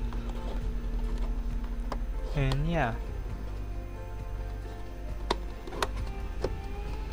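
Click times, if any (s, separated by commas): 5.3 s, 5.8 s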